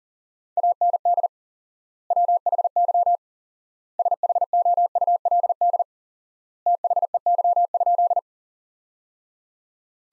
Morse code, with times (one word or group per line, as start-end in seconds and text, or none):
0.6-1.3 AND
2.1-3.2 WHY
4.0-5.8 SHOULD
6.7-8.2 THEY?